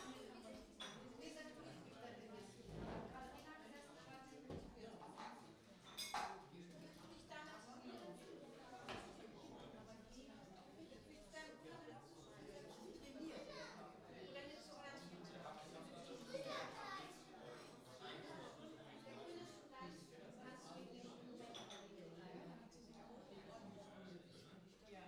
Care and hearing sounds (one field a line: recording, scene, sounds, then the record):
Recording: everyday scene through a hearing-aid microphone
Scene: many people talking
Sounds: many voices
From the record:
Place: parish hall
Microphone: in the ear canal, right